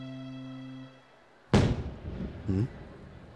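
A sudden fireworks blast bursts out with a sharp crack and a rumbling tail that fades over a second, then a smaller second pop follows. A steady humming tone dies away just before.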